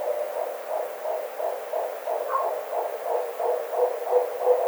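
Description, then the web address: Barred owl delivering a steady series of throbbing low hoots, about three each second, with one brief higher note midway. Recorded 9 April 2009. "Barred Owl 2009 04 09"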